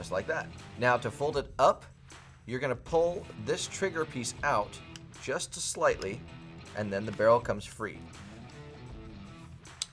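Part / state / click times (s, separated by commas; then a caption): folding rifle barrel into locked firing position / seated / 9.8 s. A Kel-Tec SUB-2000 folding rifle has its trigger piece pulled out slightly to free the barrel, which is then swung back into firing position while someone talks over background music. A sharp click at 9.8 seconds marks the barrel locking into place.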